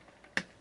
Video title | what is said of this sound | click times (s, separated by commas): How-To: C64 Arduino based Restore Key/Four Kernal Switcher/Hard Reset | got it clicks into place so now we're gonna slide that little retaining ring back | 0.4 s